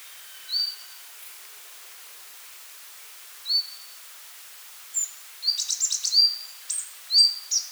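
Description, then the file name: Marsh Tit calls: a few single short whistled notes spaced apart, then a quick burst of sharp, high scratchy notes mixed with brief flat whistles near the end. "Poecile palustris"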